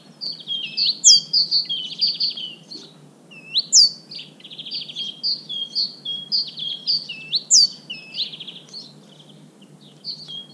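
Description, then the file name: Great tit giving repeated dry buzzy churrs one after another, mixed with quick sliding whistles and upward-flicking notes. "Parus major"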